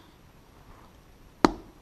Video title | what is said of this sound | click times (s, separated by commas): TFE Fabrication's SRT4 Shifter Bushing Kit Review/Install | like so once you hear it snap then | 1.4 s